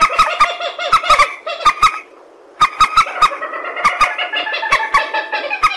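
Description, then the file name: Purple swamphen calls: harsh, nasal cackling in rapid pulsed runs, pausing briefly midway, then resuming, with loud clicks mixed in. "tieng trich re keu"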